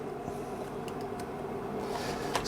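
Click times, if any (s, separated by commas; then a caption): 2.3 s. A snap-in electrolytic capacitor is pushed into its holes on the circuit board of an Elekit TU-8900VK single-ended tube amplifier until its legs lock in. Over a steady low background hiss, a single short, sharp snap sounds at 2.4 s. The capacitor is seated.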